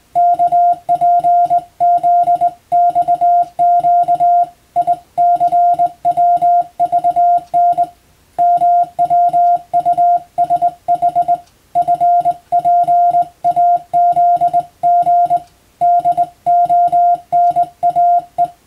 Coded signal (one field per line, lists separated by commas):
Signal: Morse code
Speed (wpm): 20 wpm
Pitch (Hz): 700 Hz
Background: music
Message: KPZXQ ICWVN MWUSH FPAZG DONAE